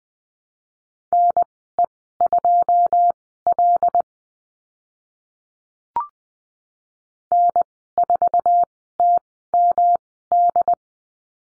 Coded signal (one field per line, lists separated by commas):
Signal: Morse code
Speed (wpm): 20 wpm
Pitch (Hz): 700 Hz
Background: none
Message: NE2L N4TMD